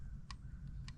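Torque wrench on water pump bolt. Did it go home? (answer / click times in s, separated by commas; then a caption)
yes / 0.3 s, 0.9 s. A torque wrench re-checks an already torqued water pump bolt on a 2012 Dodge Journey 3.6 engine. Two small, sharp clicks at 0.3 s and 0.9 s are heard over a low steady hum. The wrench clicks at its set value, confirming the bolt is at torque.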